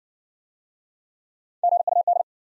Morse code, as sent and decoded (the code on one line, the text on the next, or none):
--. ..- -..
GUD